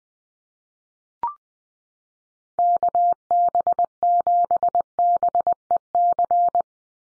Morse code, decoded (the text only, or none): KB7BEC